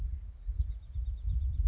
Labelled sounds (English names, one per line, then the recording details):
Blue-gray Gnatcatcher
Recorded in Sonoma County, California